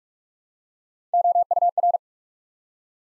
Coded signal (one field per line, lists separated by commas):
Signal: Morse code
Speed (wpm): 48 wpm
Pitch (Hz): 700 Hz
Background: none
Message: OUR